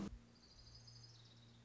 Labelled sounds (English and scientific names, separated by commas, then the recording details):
Orange-crowned Warbler (Leiothlypis celata)
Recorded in Sonoma County, California